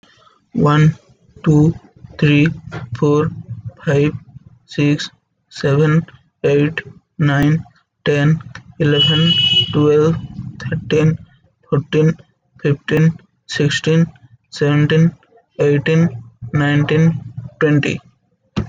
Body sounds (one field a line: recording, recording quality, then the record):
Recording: counting at a normal pace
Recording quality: excellent, no background noise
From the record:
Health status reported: respiratory illness, not identified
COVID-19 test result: not tested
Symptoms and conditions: cough, sore throat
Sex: male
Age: 19 years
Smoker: not ticked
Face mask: not worn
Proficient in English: yes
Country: India